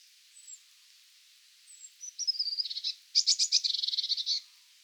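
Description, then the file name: Eurasian blue tit calling with faint thin high whistles, then a run of buzzy notes that becomes a fast, harsh churring trill. "Cyanistes caeruleus"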